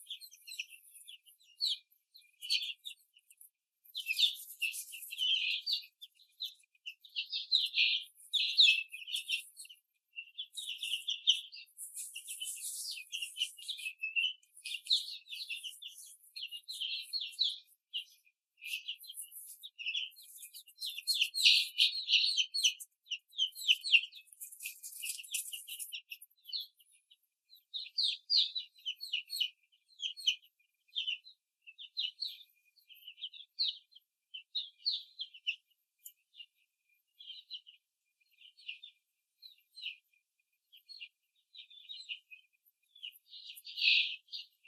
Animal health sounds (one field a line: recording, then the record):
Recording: young laying hens in a cage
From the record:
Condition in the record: after the stressor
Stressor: simulated dog barking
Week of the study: 3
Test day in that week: 1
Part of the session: 2